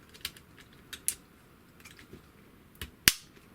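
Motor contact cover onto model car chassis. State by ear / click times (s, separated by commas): seated / 3.1 s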